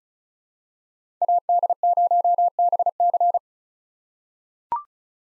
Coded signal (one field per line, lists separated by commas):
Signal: Morse code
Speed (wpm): 36 wpm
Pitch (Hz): 700 Hz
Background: none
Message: AD0BC